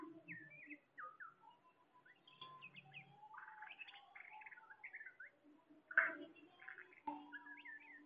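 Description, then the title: Bird song, repeated short descending whistled phrases and chirps, with one sharp loud note near the end. "SuaraBurung Kicau"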